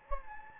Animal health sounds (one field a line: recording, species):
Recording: mosquito wingbeat signal from an infrared sensor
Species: Anopheles gambiae